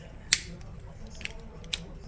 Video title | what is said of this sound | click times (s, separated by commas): 플레임토이즈 합기교 다이노메가조드 주의점 TIP,파워레인저 메가조드,kara kuri flame Toys dino megazord,大獸神 開箱評測,千值練大獸神合機巧 恐龍戰隊 獸連者 | It is attached with a clicking sound. | 0.3 s, 1.7 s